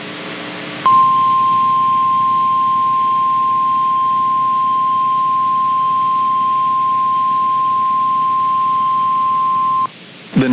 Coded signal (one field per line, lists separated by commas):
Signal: Emergency Alert System (SAME) tones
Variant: 1050 Hz attention tone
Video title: Severe Thunderstorm Warning (DESTRUCTIVE.) || 04-26-26 (EAS #TBD)